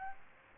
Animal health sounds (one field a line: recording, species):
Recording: mosquito wingbeat signal from an infrared sensor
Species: Aedes aegypti